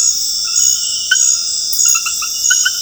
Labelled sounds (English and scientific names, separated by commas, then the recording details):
none
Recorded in dense forest near Puerto Asís, Putumayo, Colombia, on 19 February 2024 at 22:00
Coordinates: 0.485, -76.325
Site G6429